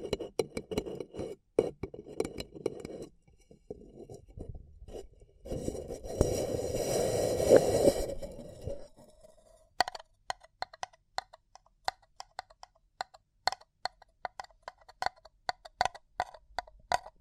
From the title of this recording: Paper Cup Tingles